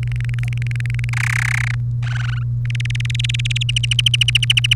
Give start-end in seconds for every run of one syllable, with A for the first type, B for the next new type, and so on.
0.03-1.10 A, 1.13-1.75 B, 2.03-2.43 C, 2.65-3.58 D, 3.61-4.74 E